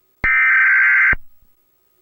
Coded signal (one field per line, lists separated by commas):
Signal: Emergency Alert System (SAME) tones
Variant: header bursts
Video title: [EAS YTP] The National EAS Test Saga (Re-Uploaded)